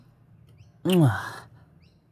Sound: kiss